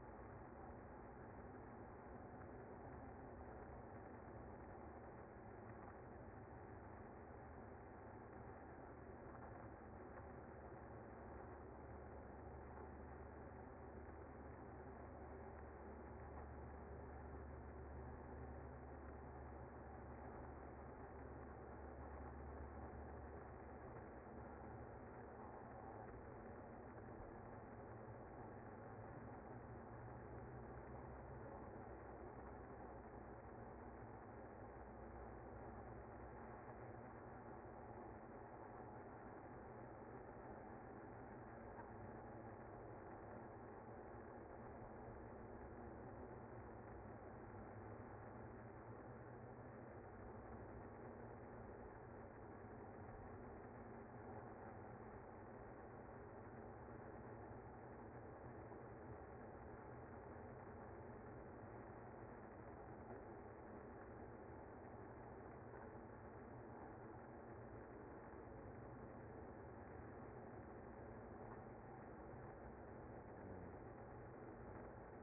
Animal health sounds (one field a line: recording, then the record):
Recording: honeybee colony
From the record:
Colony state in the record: active